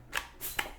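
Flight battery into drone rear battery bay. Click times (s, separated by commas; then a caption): 0.6 s. A flight battery for a DJI Air 3 drone is pushed into the drone's rear battery bay, with a scraping slide before a sharp click at 0.6 s as it locks. An earlier, smaller tick at 0.2 s precedes it. The battery is seated and locked in place.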